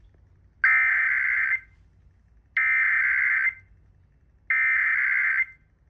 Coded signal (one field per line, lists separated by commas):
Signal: Emergency Alert System (SAME) tones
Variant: header bursts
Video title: Ventura County's Required Monthly Test on KSDW-FM (EAS #217)